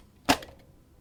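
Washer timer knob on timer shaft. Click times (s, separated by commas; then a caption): 0.3 s. A plastic timer knob on a Whirlpool washer (timer dial WP3957841, fits KitchenAid/Maytag) is gripped with needle-nose pliers and pulled forward off the timer shaft. It comes free with one sharp pop at 0.3 s, followed by a faint tick at 0.4 s and a soft knock near 1.0 s. The knob is released from the shaft.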